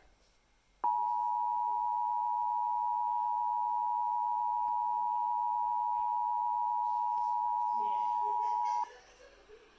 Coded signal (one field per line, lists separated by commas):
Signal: Emergency Alert System (SAME) tones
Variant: 853 and 960 Hz attention tone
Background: speech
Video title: EAS 1355 SVR NWS Peachtree City